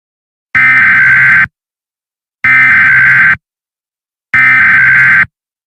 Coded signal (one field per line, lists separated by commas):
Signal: Emergency Alert System (SAME) tones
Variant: header bursts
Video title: An EAS Scenario Story- Not What I Wanted #eas scenario #eas 2023 #eas scenario end of the world